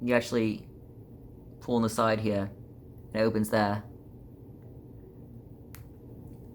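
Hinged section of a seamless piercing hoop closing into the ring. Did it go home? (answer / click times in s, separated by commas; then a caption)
yes / 5.8 s. Someone talks while pulling open a seamless metal piercing hoop at the side and closing it again. At 5.7 s, in a pause in the talk, the hinged section snaps shut into the ring with one short, sharp click, and the hoop is seated, unlike screw-on hoops.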